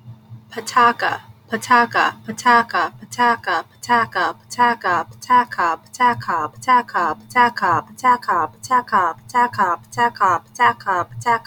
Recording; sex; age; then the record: repeated syllables /pa ta ka/; female; 30 to 39 years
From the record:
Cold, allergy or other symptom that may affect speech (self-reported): no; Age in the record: 37 years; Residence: Delaware, United States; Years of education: 12